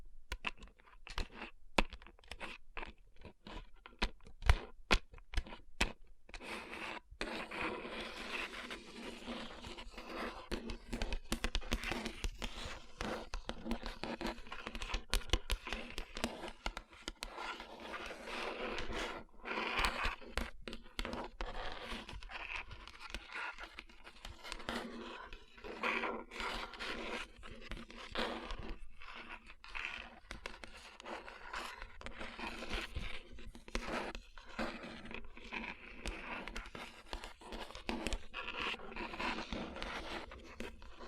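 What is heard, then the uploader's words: Fingers tap and rub across rhinestone-covered palms, making dense, scratchy rustling that runs nearly continuously for the whole 41 seconds. Sharp separate taps cluster in the first seven seconds, then the sound settles into a steady gritty rubbing with a faint low hum beneath. Tapping & Rubbing Rhinestone Covered Palms.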